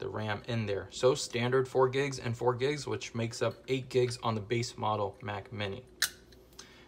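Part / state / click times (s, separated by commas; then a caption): SO-DIMM RAM module into memory slot on logic board / seated / 6.0 s, 6.6 s. A DDR4 SO-DIMM RAM module is lined up in the laptop-style memory slot on a late 2018 Mac Mini logic board and pushed down until the retaining clips catch. Someone talks for most of the clip, then sharp click hits sound at 6.0 s and 6.6 s as the module locks into place, seated.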